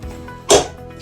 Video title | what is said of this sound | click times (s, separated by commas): スマホの写真、もう消さない。月額0円で全部保存する方法【UGREEN NASync】 | Push it in until you hear a click. | 0.5 s